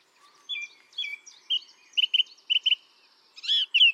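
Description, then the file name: Song thrush song: clear whistled notes, then a double note repeated twice in quick pairs, ending in a harsher burst and a final whistle. "Pevchij drozd - Pesnya pevchego drozda"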